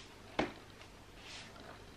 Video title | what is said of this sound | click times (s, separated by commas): ICKLE BUBBA STOMP V3 FIRST IMPRESSIONS OVERVIEW - _MrsTino | with a not so satisfying click | 0.4 s